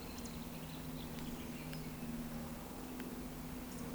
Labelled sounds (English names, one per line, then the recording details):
Eurasian Woodcock whistle
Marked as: whistle, whistle
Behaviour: display flight
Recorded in Baden-Württemberg, Germany, on 14 June 2020 at 19:26 UTC
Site 14569, 102 m above sea level